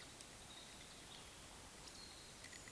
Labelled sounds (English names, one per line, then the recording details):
Eurasian Woodcock whistle
Eurasian Woodcock croak
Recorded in Baden-Württemberg, Germany, on 11 June 2021 at 20:05 UTC
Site 24606, 635 m above sea level